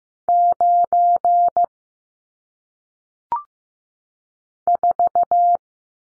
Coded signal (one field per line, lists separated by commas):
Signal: Morse code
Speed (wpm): 15 wpm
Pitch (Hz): 700 Hz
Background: none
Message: 9 4